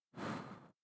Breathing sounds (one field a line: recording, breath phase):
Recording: one breath near a microphone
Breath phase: exhalation